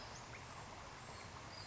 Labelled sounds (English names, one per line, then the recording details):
Western Flycatcher
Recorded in Sonoma County, California